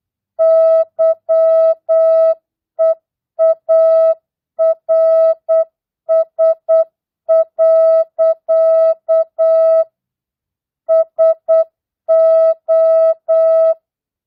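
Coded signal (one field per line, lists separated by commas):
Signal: Morse code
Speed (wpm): 8 wpm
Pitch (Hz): 650 Hz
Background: music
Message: YEARS. SO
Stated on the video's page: Morse practice at 8 wpm, non-Farnsworth, mixed words, numbers and punctuation.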